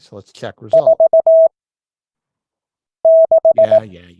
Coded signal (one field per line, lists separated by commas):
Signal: Morse code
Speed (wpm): 18 wpm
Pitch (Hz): 650 Hz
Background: speech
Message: 46